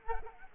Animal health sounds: mosquito wingbeat signal from an infrared sensor; Culex quinquefasciatus

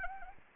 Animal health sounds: mosquito wingbeat signal from an infrared sensor; Anopheles arabiensis

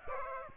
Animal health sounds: mosquito wingbeat signal from an infrared sensor; Aedes aegypti

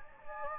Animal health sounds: mosquito wingbeat signal from an infrared sensor; Anopheles gambiae

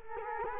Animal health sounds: mosquito wingbeat signal from an infrared sensor; Culex quinquefasciatus

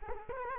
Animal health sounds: mosquito wingbeat signal from an infrared sensor; Culex quinquefasciatus

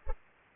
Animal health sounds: mosquito wingbeat signal from an infrared sensor; Culex pipiens

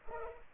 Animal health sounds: mosquito wingbeat signal from an infrared sensor; Culex pipiens

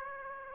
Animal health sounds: mosquito wingbeat signal from an infrared sensor; Aedes aegypti

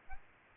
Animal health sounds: mosquito wingbeat signal from an infrared sensor; Aedes aegypti

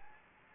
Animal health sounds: mosquito wingbeat signal from an infrared sensor; Anopheles gambiae

